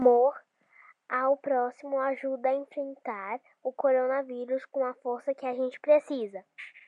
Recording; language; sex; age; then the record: spoken sentence; Brazilian Portuguese; female; 18 to 19 years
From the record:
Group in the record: control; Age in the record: 19 years